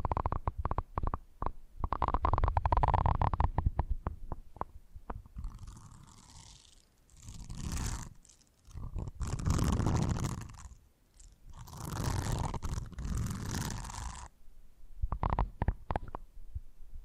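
Rapid scratching on a microphone gives way to slow, swelling brushing strokes that rise and fade in waves, with sharp taps near the end.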